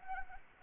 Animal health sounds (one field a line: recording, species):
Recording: mosquito wingbeat signal from an infrared sensor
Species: Anopheles arabiensis